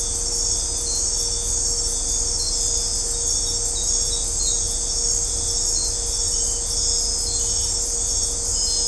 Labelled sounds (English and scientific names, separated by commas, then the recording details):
none
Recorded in dense forest near Puerto Asís, Putumayo, Colombia, on 20 December 2024 at 20:00
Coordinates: 0.503, -76.323
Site G043